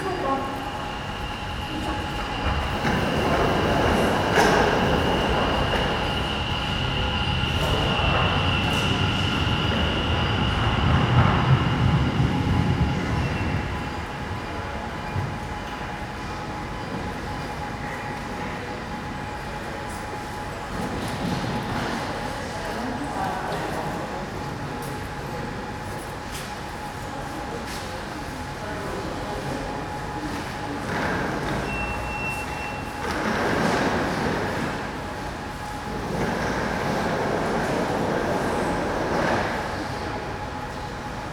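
A quiet, mostly empty train station ticket office, with a steady high whine running the whole time and a second, brighter tone fading out around fifteen seconds. A train-like rumble swells early on, and scattered bursts of movement recur every few seconds.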